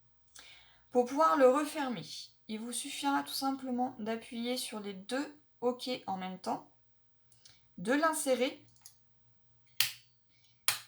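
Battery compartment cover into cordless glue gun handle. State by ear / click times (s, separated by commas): seated / 9.8 s, 10.7 s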